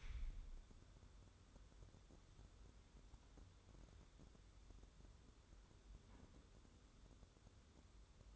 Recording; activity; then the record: daily activity, microphone in the room; wipe stove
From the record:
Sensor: 3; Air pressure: 1015.1 hPa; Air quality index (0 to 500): 67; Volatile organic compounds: 1 ppm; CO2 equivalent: 891 ppm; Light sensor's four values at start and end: 15/39/15/16 and 15/39/15/16